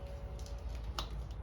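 A spark plug wire boot is pushed onto the spark plug of a Harley-Davidson M8 motorcycle engine until it snaps on and seats. After a couple of faint soft sounds around 0.4 and 0.5 seconds, a sharp, bright click is heard at 1.0 seconds as the boot seats on the plug.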